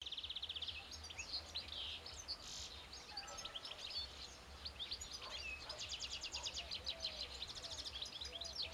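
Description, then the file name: European goldfinch calls: rapid high, twittering chirps in bursts, thickening near the end, over constant low-pitched background noise. "Carduelis carduelis"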